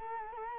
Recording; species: mosquito wingbeat signal from an infrared sensor; Culex quinquefasciatus